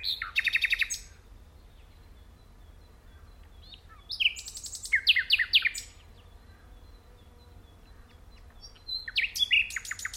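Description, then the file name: Common nightingale song in three separate phrases: a rapid repeated rattle, then a varied run of rich whistled and buzzy notes, and another fast churring burst after a silent pause. "Luscinia megarhynchos"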